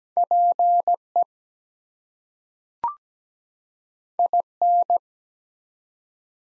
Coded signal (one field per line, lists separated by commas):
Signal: Morse code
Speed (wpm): 17 wpm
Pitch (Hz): 700 Hz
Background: none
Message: PE IN